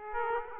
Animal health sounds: mosquito wingbeat signal from an infrared sensor; Aedes aegypti

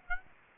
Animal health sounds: mosquito wingbeat signal from an infrared sensor; Aedes aegypti

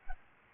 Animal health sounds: mosquito wingbeat signal from an infrared sensor; Aedes albopictus

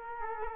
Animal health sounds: mosquito wingbeat signal from an infrared sensor; Culex quinquefasciatus

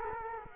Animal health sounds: mosquito wingbeat signal from an infrared sensor; Culex quinquefasciatus

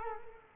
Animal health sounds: mosquito wingbeat signal from an infrared sensor; Culex quinquefasciatus

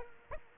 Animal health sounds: mosquito wingbeat signal from an infrared sensor; Aedes aegypti

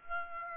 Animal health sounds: mosquito wingbeat signal from an infrared sensor; Aedes aegypti

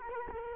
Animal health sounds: mosquito wingbeat signal from an infrared sensor; Culex quinquefasciatus

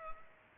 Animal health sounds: mosquito wingbeat signal from an infrared sensor; Culex pipiens

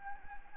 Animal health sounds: mosquito wingbeat signal from an infrared sensor; Anopheles gambiae

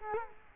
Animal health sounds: mosquito wingbeat signal from an infrared sensor; Culex quinquefasciatus

